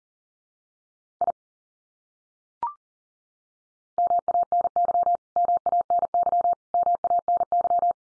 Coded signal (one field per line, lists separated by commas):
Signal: Morse code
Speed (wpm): 40 wpm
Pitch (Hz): 700 Hz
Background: none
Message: I MANY MANY MANY